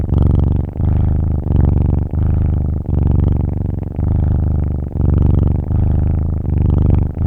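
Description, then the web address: Cat: low rumbling purr from a kitten, pulsing in several breath cycles, each marked by a short break in the sound. Kitten purring; sound-effects library recording. "مجموعه افکت صدا حیوانات SES Animals SFX Kitten Purring"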